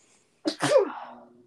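A single loud adult sneeze, made with the microphone held away: a short sharp onset followed at once by a stronger explosive burst, trailing off over about a second with a faint voiced tail. It is an ordinary sneeze in a quiet room.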